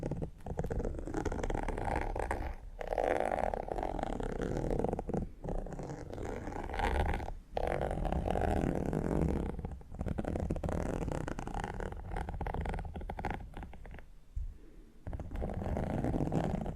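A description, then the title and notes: Fingertips scratch textured leather, making a dense, rough, low rasping that runs almost without a break. The scraping swells and eases in uneven strokes, with brief pauses near 3, 7, 10 and 15 seconds. TimASMR-Needle Fingers & Textured Leather Scratching (NO TALKING).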